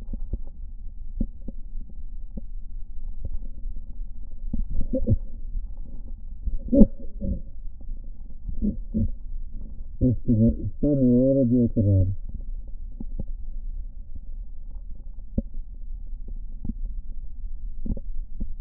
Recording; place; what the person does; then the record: lung sounds by stethoscope; left posterior basal chest; quiet breathing, then cough and speech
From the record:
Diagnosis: COPD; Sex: male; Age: 85 years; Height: 183 cm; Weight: 88 kg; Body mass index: 26.3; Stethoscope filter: diaphragm mode